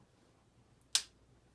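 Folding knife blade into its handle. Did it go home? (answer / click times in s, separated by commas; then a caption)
yes / 1.0 s. A scout leader pushes the blade of a folding camp knife closed into its handle. After a faint tick at 0.8 s, a sharp, bright snap sounds at 0.95 s as the blade locks in place.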